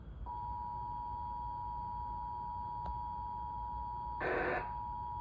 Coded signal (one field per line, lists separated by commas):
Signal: Emergency Alert System (SAME) tones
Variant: 853 and 960 Hz attention tone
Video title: Flash flood warning in end 3 am in emergency alert system